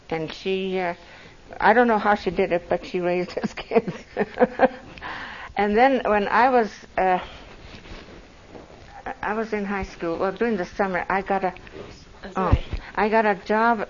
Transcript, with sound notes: And she - I don't know how she did it but she raised us kids. (laughs) And then when I was - I was in high school - the summer I got a - Oh, I got a job